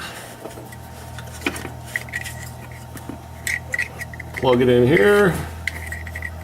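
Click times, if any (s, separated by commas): none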